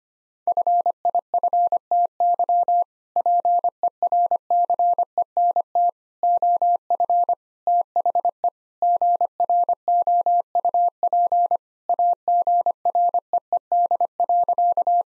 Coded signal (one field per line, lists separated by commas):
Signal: Morse code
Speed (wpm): 25 wpm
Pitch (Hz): 700 Hz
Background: none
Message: FIFTY PERCENT OF THE GROUP AGREED.